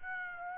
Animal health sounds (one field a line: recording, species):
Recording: mosquito wingbeat signal from an infrared sensor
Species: Aedes aegypti